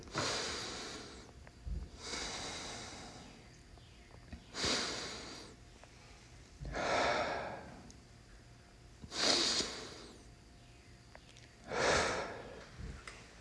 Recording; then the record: deep breathing after running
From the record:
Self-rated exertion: moderate exertion (3 of 6); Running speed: 6 miles an hour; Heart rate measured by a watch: 145 beats a minute at the start, 141 at the end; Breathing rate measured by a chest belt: 16 breaths a minute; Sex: male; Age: 31 years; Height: 178 cm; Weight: 72 kg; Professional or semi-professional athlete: no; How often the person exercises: 3 to 5 times a week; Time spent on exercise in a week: 2 to 3 hours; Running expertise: yes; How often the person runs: 3 to 5 times a week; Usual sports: running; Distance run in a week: 5 km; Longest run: 10 km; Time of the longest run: 65 minutes